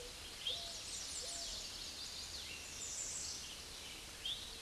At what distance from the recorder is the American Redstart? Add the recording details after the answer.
about 25 m. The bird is about level with the microphone. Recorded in a Pennsylvania forest on 16 May 2024 at 06:11. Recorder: AudioMoth, point MSD-0383. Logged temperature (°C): 15.3 °C. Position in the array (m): 103 m, 229 m